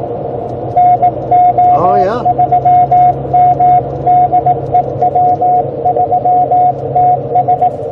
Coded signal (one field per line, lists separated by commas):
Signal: Morse code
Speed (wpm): 18 wpm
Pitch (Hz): 730 Hz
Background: speech, radio noise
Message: NO3M DE W3TS